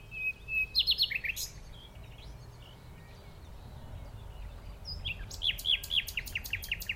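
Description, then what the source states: Common nightingale song: a fast stuttering run of notes, a pause with soft background noise, then a series of repeated sharp whistled notes. In the dunes of The Hague, morning of 12 May 2021, recorded during a lockdown walk.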